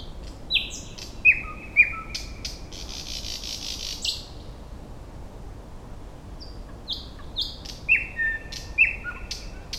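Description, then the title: Thrush Nightingale singing separated phrases of piping notes and downslurred whistles, broken by buzzy, harsh bursts and pauses of a few seconds. "Nightingale (Luscinia luscinia)"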